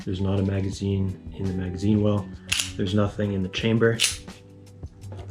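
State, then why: Not seated. Someone talks while trying to insert a magazine holding a round into the magazine well of a Bodyguard 2.0 pistol with the slide closed, with faint contact taps near 4.8 and 5.1 seconds. The loaded magazine fails to seat because the slide is not locked back, so nothing has seated or clicked yet.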